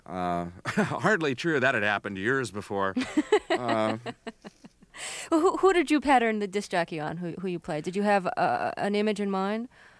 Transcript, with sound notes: Hardly true. That had happened years before.
(Laughter) Who did you pattern the disc jockey on who you play? Did you have an image in mind?